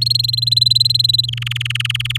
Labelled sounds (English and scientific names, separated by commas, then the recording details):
Domestic Canary (Serinus canaria) song
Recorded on 8 May 2018 at 16:04
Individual llb16